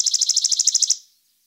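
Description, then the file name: Chipping sparrow song: a dry, rapid trill of about a dozen identical high chips, lasting just under a second, then stopping. "Bird Songs Chipping Sparrow"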